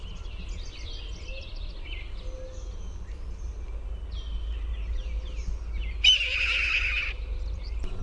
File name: RTHA scream